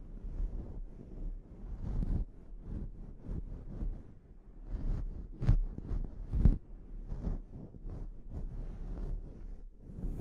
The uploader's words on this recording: ASMR Sleep Inducing Scalp Treatment (No Talking).